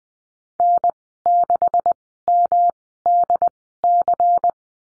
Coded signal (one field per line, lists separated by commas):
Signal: Morse code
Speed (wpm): 20 wpm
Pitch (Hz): 700 Hz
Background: none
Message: N6MDC